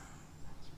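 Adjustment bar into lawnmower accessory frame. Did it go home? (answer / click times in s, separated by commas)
no / none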